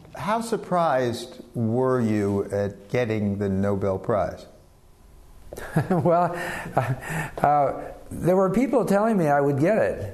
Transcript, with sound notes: How surprised were you at getting the Nobel Prize?
(LAUGHTER) Well, there were people telling me I would get it.